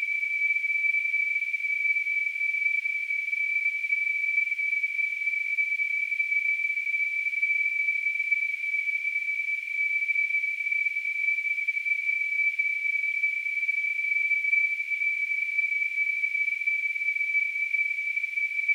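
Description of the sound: A simulated tinnitus sound: a steady, continuous high-pitched tone at about 2.3 kHz with a faint narrow band of hiss around it, holding an even level throughout with nothing in the low frequencies.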